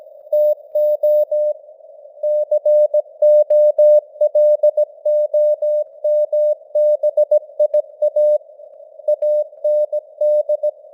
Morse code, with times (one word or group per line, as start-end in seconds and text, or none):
0.3-1.5 TO
2.2-8.4 COLOMBIA
9.1-10.7 AND